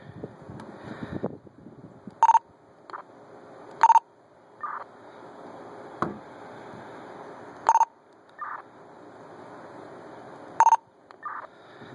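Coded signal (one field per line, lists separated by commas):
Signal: roger beep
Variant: Motorola talk permit tone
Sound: four bursts of three quick mid-pitched beeps, separated by squelch hiss and handling noise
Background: radio squelch noise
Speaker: just listen this here Oh as you can hear the TV jacket works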